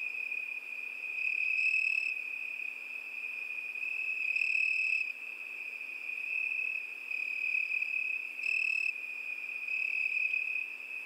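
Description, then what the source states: Crickets trilling together in an unbroken shrill chorus, loudness rising and falling in waves every few seconds. Crickets at night.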